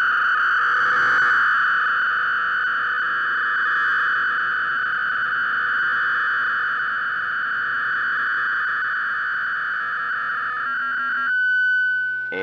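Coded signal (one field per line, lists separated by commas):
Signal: fast PSK data mode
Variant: robust PSK (PSKR)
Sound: continuous dense warbling hiss in the midrange, with a brief tone change near the end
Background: radio static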